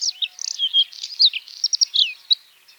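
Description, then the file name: Bluethroat song, a hurried, jumbled twitter of high chirps, short trills and falling slurred notes packed into under three seconds. "varakushka"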